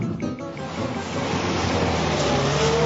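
A car drives along and pulls up, with a steady, unbroken rumble of engine and road noise, a low hum running beneath a broad hiss, with no voices.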